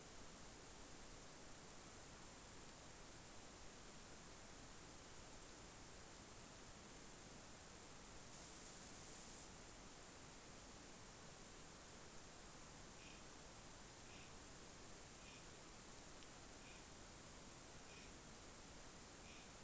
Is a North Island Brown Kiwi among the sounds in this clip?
no